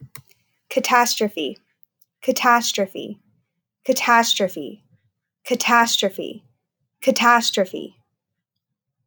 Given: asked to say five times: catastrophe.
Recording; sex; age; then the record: repeated word; female; 20 to 29 years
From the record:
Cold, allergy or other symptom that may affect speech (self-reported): no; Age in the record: 27 years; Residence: Oklahoma, United States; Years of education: 17